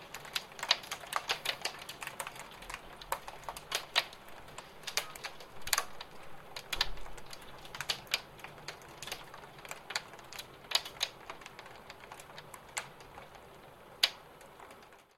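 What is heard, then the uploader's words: Hailstones pound against an apartment window in a dense, irregular rattle of sharp clicks and taps, some loud, others softer. The hits come several times a second throughout, with a low indoor hum underneath and a few heavier impacts near the end. Hail on window sound effect. The heavy rain in the summer storm turned into a heavy hail in one moment and started pounding on the window of the apartment.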